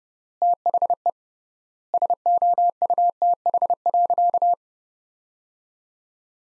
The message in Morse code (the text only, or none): THE SOUTH.